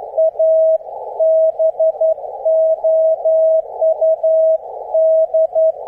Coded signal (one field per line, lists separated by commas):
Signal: Morse code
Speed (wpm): 12 wpm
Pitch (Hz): 640 Hz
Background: none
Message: ABOUD